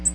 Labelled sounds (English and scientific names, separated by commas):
Nashville Warbler (Leiothlypis ruficapilla) flight call